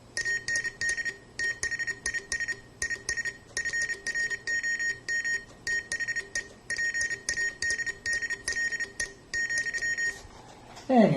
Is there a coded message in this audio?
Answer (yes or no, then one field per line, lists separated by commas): yes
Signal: Morse code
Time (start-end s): 0.2-10.1 s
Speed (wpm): 30 wpm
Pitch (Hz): 1850 Hz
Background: none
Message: AND THIS IS FROM THE PADDLE ,